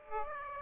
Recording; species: mosquito wingbeat signal from an infrared sensor; Aedes aegypti